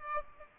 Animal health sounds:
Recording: mosquito wingbeat signal from an infrared sensor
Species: Aedes aegypti

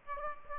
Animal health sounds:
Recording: mosquito wingbeat signal from an infrared sensor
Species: Aedes aegypti

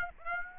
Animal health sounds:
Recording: mosquito wingbeat signal from an infrared sensor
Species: Aedes aegypti

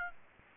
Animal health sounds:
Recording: mosquito wingbeat signal from an infrared sensor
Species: Aedes aegypti

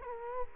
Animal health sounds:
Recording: mosquito wingbeat signal from an infrared sensor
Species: Culex quinquefasciatus

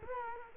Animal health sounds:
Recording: mosquito wingbeat signal from an infrared sensor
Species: Culex quinquefasciatus

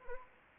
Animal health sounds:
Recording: mosquito wingbeat signal from an infrared sensor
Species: Anopheles arabiensis

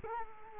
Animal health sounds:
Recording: mosquito wingbeat signal from an infrared sensor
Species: Culex quinquefasciatus

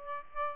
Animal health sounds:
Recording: mosquito wingbeat signal from an infrared sensor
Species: Aedes albopictus

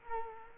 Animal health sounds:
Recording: mosquito wingbeat signal from an infrared sensor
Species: Culex quinquefasciatus

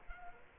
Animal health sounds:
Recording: mosquito wingbeat signal from an infrared sensor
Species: Culex quinquefasciatus

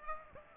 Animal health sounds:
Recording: mosquito wingbeat signal from an infrared sensor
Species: Aedes aegypti

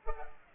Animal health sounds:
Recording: mosquito wingbeat signal from an infrared sensor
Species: Culex pipiens

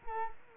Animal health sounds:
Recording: mosquito wingbeat signal from an infrared sensor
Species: Culex quinquefasciatus

